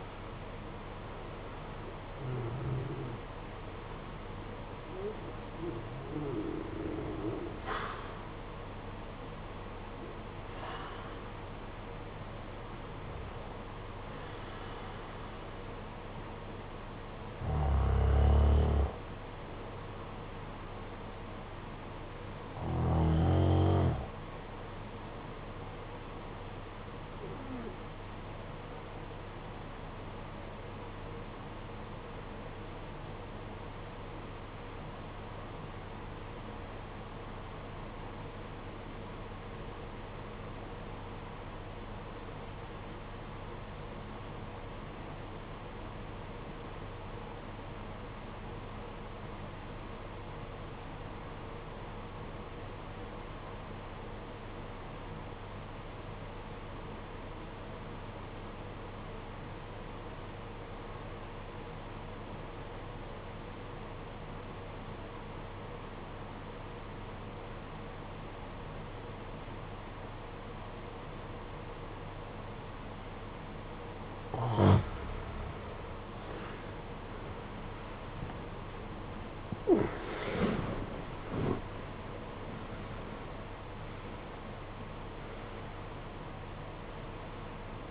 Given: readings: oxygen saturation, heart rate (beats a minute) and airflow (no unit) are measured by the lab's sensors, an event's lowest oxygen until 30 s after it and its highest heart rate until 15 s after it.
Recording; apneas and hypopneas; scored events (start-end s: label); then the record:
breathing in sleep by a voice recorder at the bedside; 1
21.00-87.91 s: new sleep stage, REM sleep
30.00-74.80 s: obstructive apnea (REM, oxygen 97% highest, then 73% lowest, heart rate 51 at the start, 89 highest)
From the record:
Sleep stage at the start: N1 (lightest sleep); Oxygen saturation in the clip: 74 to 97%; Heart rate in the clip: 43 to 95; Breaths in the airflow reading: 11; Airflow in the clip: -22.1 to 15.4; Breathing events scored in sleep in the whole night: 476 in 9.7 hours asleep